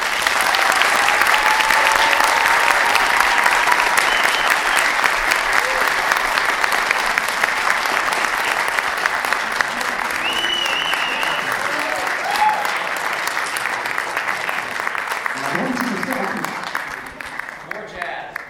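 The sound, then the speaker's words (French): A large audience claps in a loud, dense, continuous roar of applause that holds steady for the full length, with a few scattered voices and calls rising briefly through it. “Sur ce, gagnant du temps, mesdames et messieurs, je vous demande de faire un tonnerre d'applaudissements comme ceux dont on sait les faire à Toulouse, tout simplement,”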